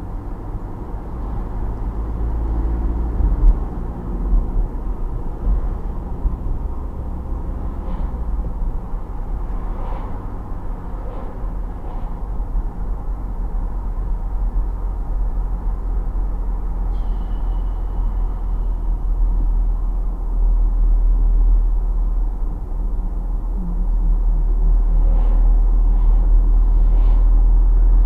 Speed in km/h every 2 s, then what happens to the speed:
35, 40, 44, 50, 50, 50, 50, 48, 46, 44, 42, 42, 42, 42.
0-6 speeds up to 50. 6-12 steady at about 50. 12-19 slows to 42. 19-28 steady at about 42.